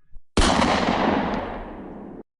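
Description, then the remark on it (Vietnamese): A sudden, loud burst of gunfire shot through a rolling shutter door erupts into a dense, crackling roar that rages for about two seconds, fading slightly before cutting off abruptly. No one speaks. “Cánh cửa bị bắn thủng vô số lỗ, mà Cận Vạn cũng bị bắn bay ra ngoài.”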